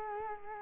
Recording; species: mosquito wingbeat signal from an infrared sensor; Culex quinquefasciatus